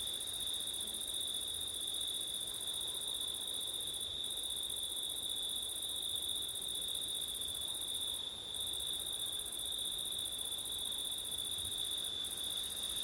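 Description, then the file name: Crickets sustaining a continuous high trill, an upper buzzing voice stopping for short gaps three times, soft hiss steady behind. Crickets on a September night, with wind; ortif (ORTF) microphone setup. "crickets wind september night ortif"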